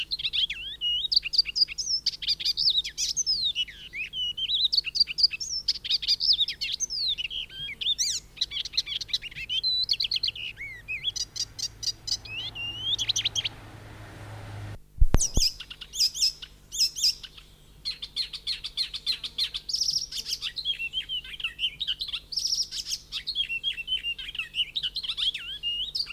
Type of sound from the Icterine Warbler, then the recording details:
song. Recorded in the wild. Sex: male. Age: adult. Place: Forchheim, Bayern, DE. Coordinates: 49.6736, 11.0792. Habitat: grove. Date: 1964-05-30. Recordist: Tretzel, Erwin. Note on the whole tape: Kersbach (Wäldchen an der Straße): Männchen: Gesang